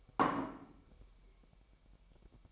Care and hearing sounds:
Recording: daily activity, microphone in the room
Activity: place plate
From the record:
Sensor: 1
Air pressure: 1002.0 hPa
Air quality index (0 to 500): 243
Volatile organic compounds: 48 ppm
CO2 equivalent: 3264 ppm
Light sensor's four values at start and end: 8/28/10/11 and 8/28/10/11

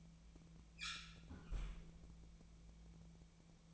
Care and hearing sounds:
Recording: daily activity, microphone in the room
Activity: close fridge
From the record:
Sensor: 1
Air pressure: 1000.2 hPa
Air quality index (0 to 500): 135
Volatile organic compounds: 2 ppm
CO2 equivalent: 1271 ppm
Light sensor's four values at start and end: 37/92/39/48 and 37/93/39/48

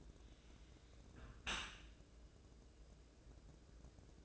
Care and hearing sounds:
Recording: daily activity, microphone in the room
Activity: close dishwasher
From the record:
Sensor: 2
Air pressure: 1012.2 hPa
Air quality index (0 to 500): 142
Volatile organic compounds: 2 ppm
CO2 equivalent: 1048 ppm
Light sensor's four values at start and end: 259/634/256/257 and 265/649/262/264

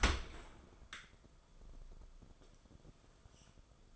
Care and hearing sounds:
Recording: daily activity, microphone in the room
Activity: open dishwasher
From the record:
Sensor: 5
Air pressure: 994.5 hPa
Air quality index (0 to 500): 195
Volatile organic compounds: 1000 ppm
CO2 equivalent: 5756 ppm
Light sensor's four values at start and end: 52/156/62/68 and 51/155/61/67

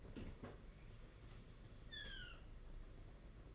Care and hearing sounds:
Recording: daily activity, microphone in the room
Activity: open fridge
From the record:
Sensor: 4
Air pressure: 992.7 hPa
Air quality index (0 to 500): 167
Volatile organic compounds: 233 ppm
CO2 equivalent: 4314 ppm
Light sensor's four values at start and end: 19/65/24/25 and 19/65/24/24

